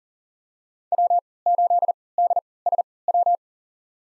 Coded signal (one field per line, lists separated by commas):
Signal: Morse code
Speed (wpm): 40 wpm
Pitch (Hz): 700 Hz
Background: none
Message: W8DSW